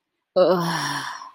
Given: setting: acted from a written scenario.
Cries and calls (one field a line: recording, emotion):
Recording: vocal sound without words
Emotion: embarrassment